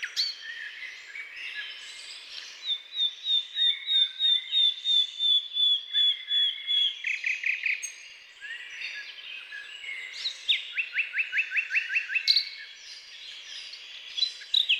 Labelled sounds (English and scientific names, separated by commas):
Common Nightingale (Luscinia megarhynchos) song